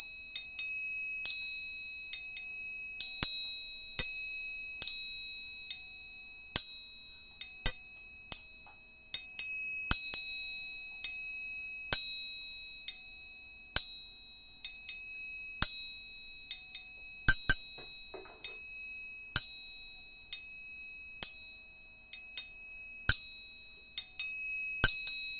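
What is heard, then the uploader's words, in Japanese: Tuning forks ring with steady, high, pure tones that hold throughout, several pitches sounding together. Sharp metallic strikes recur about once or twice a second, each adding a bright, bell-like ping over the sustained ringing. The room is otherwise quiet. 音叉チューニング3本。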